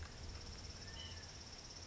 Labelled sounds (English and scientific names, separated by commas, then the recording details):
White-breasted Nuthatch (Sitta carolinensis)
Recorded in Sonoma County, California